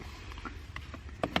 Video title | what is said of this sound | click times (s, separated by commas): HOW LONG DOES IT TAKE TO GET A GLADIATOR NAKED? Kim Strips the doors and top off a Jeep Gladiator JT | down this red piece again until it clicks then you will put your black | 1.2 s, 1.4 s